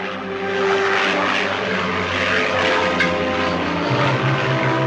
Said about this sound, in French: Aussitôt après l'annonce du désastre, l'avion du capitaine Guérin prenait l'air pour tenter de retrouver l'appareil et survolait la chaîne frontalière franco-italienne, zone présumée de l'accident.